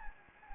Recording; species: mosquito wingbeat signal from an infrared sensor; Anopheles gambiae